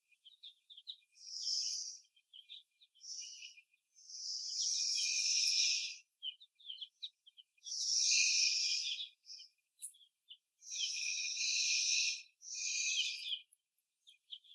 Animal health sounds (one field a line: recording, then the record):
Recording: young laying hens in a cage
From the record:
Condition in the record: after the stressor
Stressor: simulated dog barking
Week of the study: 1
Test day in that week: 2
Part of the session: 2